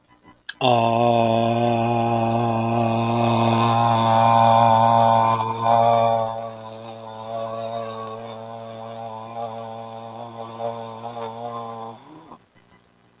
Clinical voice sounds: vowel held as long as possible; male; 50 to 59 years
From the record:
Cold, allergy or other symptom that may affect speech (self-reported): no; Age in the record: 55 years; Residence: Florida, United States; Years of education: 18

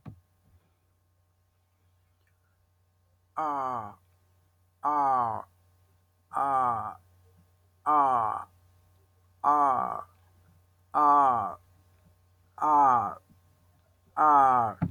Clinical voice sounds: vowel held as long as possible; male; 50 to 59 years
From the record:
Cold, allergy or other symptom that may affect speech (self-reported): no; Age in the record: 50 years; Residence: United States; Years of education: 16

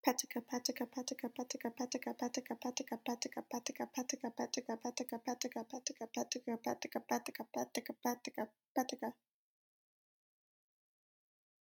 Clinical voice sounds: repeated syllables /pa ta ka/; female; 20 to 29 years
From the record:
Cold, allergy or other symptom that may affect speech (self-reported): no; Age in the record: 23 years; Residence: Virginia, United States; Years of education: 17

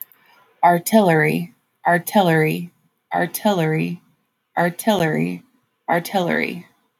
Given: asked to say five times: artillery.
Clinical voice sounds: repeated word; female; 30 to 39 years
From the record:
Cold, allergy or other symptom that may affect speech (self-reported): no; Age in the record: 33 years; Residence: Illinois, United States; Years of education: 16

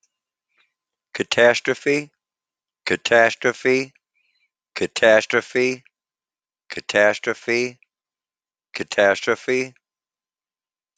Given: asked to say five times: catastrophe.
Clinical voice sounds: repeated word; male; 50 to 59 years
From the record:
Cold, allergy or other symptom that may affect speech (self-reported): no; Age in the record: 58 years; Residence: Michigan, United States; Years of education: 12

